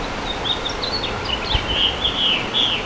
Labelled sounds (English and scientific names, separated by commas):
House Finch (Haemorhous mexicanus) song